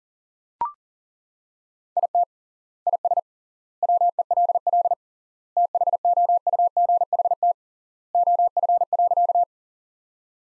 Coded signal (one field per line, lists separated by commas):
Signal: Morse code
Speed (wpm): 40 wpm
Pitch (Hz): 700 Hz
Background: none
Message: IT IS WELL THOUGHT OF.